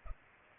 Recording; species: mosquito wingbeat signal from an infrared sensor; Culex pipiens